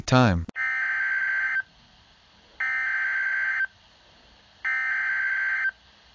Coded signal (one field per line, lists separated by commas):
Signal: Emergency Alert System (SAME) tones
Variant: header bursts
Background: speech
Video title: EAS Scenario